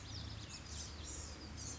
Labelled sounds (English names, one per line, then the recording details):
Blue-gray Gnatcatcher
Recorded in Sonoma County, California